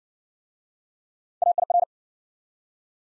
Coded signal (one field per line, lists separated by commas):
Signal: Morse code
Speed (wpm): 55 wpm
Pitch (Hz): 700 Hz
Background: none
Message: AIR